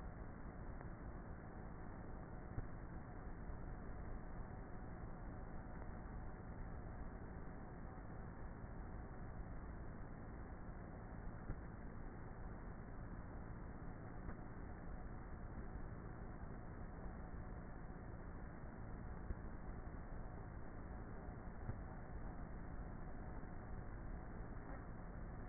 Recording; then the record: honeybee colony, microphone inside the hive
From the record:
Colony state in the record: queenless with a low population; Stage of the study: before two queens were removed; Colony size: about 30,000 bees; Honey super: no